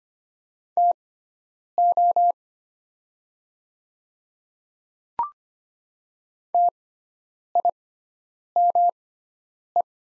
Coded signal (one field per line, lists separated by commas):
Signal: Morse code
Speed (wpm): 25 wpm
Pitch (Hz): 700 Hz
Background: none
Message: TO TIME